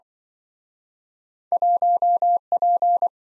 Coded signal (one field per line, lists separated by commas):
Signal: Morse code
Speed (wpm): 26 wpm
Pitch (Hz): 700 Hz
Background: none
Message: 1P